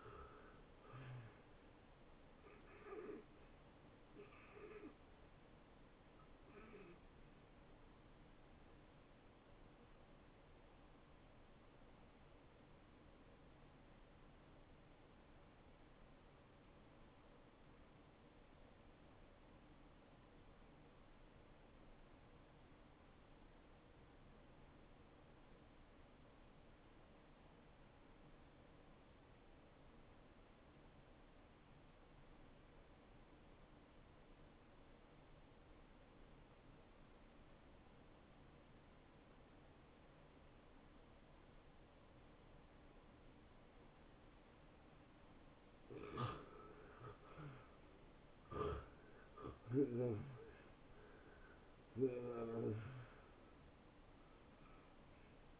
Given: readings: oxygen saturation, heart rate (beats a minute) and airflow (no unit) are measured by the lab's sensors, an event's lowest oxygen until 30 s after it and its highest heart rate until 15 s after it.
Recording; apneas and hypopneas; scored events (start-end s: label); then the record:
breathing in sleep by a voice recorder at the bedside; 1
15.00-46.30 s: obstructive apnea (N1, oxygen 93% highest, then 83% lowest)
From the record:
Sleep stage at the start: N1 (lightest sleep); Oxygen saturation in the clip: 78 to 93%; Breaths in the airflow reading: 5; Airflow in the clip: -17.9 to 13.2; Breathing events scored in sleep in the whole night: 263 in 5.5 hours asleep